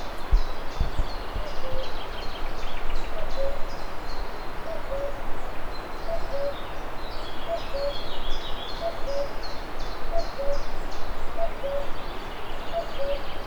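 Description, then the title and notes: Common cuckoo giving two-note falling cu-coo calls, repeated regularly after a quiet start, with rushing stream noise and scattered high bird chirps. Natural setting of the Antiche Rogge historical-nature trail, Sedico, Belluno, Italy; various other birds and Cordevole stream in background; recorded with Sony PCM-D100. "Via Villa Patt, 1, Sedico BL, Italia - Cuculo alle Rogge. Ambiente naturale delle Antiche Rogge (sentiero storico-naturalistico): uccelli vari, verso del cuculo, torrente Cordevole nello sfondo"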